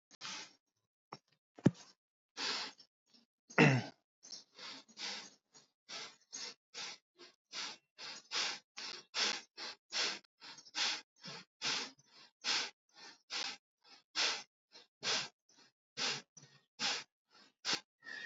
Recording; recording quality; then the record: shallow breathing; excellent, no background noise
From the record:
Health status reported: healthy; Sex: male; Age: 40 years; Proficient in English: yes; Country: India